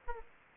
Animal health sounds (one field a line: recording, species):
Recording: mosquito wingbeat signal from an infrared sensor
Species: Aedes aegypti